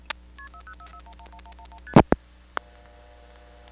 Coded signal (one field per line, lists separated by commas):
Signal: multi-frequency trunk signalling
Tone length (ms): 80 ms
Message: KP4044111111ST